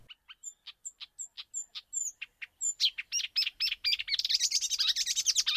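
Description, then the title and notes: Marsh Warbler song, a rapid run of sharp chips and whistled notes that quickens into a dense, buzzy chatter of mixed phrases. "Viikon luontoääni: Luhtakerttunen. Juha Laaksonen"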